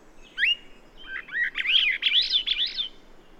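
Bird song: a sharp upslurred note, then a run of quick, wavering, up-and-down warbled notes lasting about two seconds.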